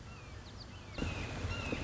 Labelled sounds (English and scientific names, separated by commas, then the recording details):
Red-shouldered Hawk (Buteo lineatus)
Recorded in Sonoma County, California